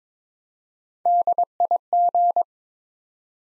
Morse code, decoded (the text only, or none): DIG